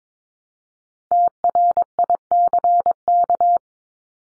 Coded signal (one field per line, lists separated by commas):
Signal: Morse code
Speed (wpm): 22 wpm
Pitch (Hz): 700 Hz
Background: none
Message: TRICK